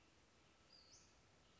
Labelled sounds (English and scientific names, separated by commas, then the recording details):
Western Flycatcher (Empidonax difficilis)
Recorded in Sonoma County, California